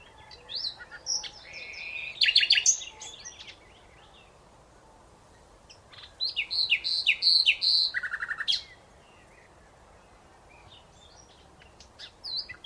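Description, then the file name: Common nightingale singing three separate phrases with long pauses between them, mixing rapid repeated chips, sharp whistled notes and a brief low rattling end. "Luscinia megarhynchos"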